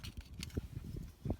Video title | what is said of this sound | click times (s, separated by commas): How to Install Your 7'' LED Headlights w/ DRL | It's going to snap right in. | 0.4 s